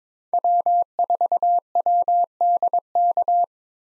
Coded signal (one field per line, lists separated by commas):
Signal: Morse code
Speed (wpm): 22 wpm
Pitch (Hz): 700 Hz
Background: none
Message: W4WDK